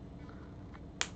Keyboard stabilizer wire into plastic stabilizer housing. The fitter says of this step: it in until it clicks in and then click it into the front the stabilizer just